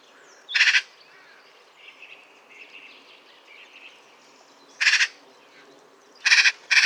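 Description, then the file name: Eurasian magpie giving harsh, rasping chatter bursts, one early, one near five seconds and a quick pair at the end, with faint higher notes between. "Pica pica"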